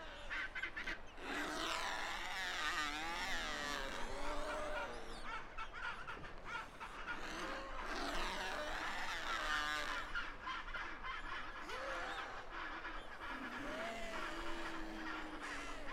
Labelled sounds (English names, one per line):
Chinstrap Penguin call